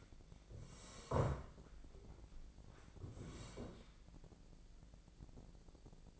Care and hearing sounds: daily activity, microphone in the room; sit down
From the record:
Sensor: 5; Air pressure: 1012.4 hPa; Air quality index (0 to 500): 150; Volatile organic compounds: 2 ppm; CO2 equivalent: 1028 ppm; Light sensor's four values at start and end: 292/699/298/332 and 292/700/299/332

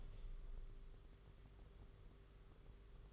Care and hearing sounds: daily activity, microphone in the room; open window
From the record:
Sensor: 4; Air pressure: 991.2 hPa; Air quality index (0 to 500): 154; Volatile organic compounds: 108 ppm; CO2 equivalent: 3806 ppm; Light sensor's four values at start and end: 6/14/5/6 and 6/14/5/6

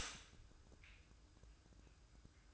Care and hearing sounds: daily activity, microphone in the room; stop toaster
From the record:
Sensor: 2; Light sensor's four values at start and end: 7/16/7/7 and 7/16/7/7

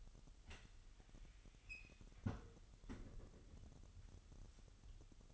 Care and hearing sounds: daily activity, microphone in the room; close fridge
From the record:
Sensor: 4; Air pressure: 989.2 hPa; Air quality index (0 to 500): 224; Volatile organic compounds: 84 ppm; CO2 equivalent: 3638 ppm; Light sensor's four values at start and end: 26/91/33/36 and 26/92/34/36

